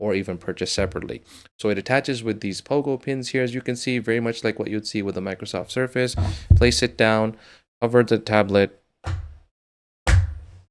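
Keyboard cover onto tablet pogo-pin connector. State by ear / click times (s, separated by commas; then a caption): seated / 10.1 s. A detachable keyboard cover for a Chuwi Hi10 Max tablet is placed against the tablet's pogo-pin connector and laid over the tablet while someone talks. It attaches with a sharp magnetic click at 10.1 s, and the cover is seated on the tablet.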